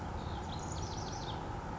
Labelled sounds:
House Wren
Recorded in Sonoma County, California

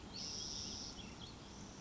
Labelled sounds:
Spotted Towhee
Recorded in Sonoma County, California

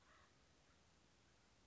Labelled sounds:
Acorn Woodpecker
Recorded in Sonoma County, California

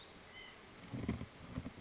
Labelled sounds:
White-breasted Nuthatch
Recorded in Sonoma County, California

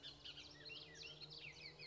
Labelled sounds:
Bullock's Oriole
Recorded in Sonoma County, California

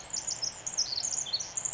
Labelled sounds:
Pacific Wren
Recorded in Sonoma County, California

